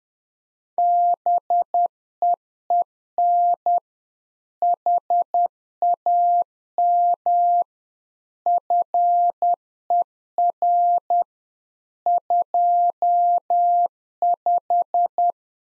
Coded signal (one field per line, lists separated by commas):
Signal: Morse code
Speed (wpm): 10 wpm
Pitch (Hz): 700 Hz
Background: none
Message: BEEN HAM FER 25